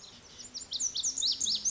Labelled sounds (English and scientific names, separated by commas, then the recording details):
Lazuli Bunting (Passerina amoena)
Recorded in Sonoma County, California